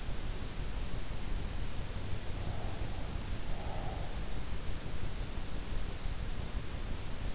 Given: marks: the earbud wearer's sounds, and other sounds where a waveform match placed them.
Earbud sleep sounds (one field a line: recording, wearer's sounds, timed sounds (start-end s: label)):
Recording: sounds in sleep by an in-ear microphone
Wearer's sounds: breath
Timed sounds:
2.23-4.34 s: breath